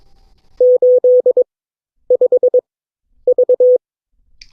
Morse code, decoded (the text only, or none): 85V